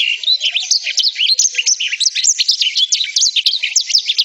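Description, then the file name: Black-throated canary singing a fast, unbroken stream of chirps and short rising and falling whistles, bright and high-pitched. "suara burung blackthroat"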